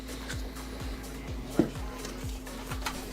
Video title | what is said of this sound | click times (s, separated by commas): Silver RA build! Join both active giveaways via !Giveaway in the chat! | Ram slot and then you just push down and you'll hear some satisfying clicks | 1.6 s, 2.9 s